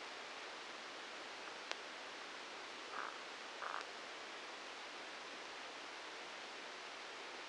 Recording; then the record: brain microelectrode recording played as sound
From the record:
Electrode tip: outside the subthalamic nucleus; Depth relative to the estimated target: 5 mm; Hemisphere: right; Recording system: NeuroSet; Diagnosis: Parkinson's disease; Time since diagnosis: 10 years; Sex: male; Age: 56 years